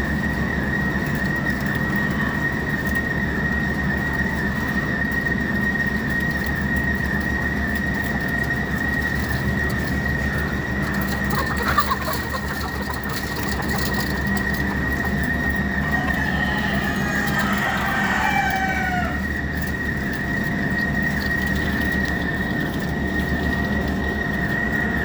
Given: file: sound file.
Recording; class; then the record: poultry; distress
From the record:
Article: Edge intelligence for poultry welfare: Utilizing tiny machine learning neural network processors for vocalization analysis